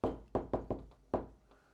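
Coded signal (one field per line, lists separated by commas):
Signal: tap code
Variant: shave and a haircut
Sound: five hollow knocks on a wall in the shave-and-a-haircut rhythm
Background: small room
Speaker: I hear this on the wall shave and a haircut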